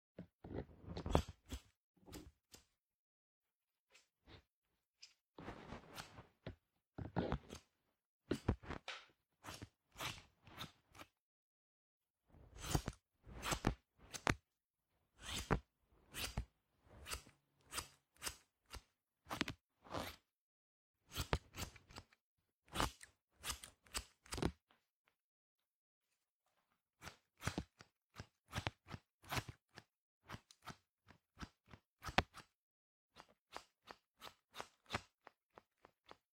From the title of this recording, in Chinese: 姐姐给你的小耳朵理个发